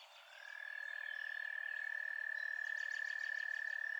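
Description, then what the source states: Frog chorus led by a steady high trill that rises at the start and is then held unbroken for several seconds, with fainter pulsed calls from other callers above it. Frogs at night.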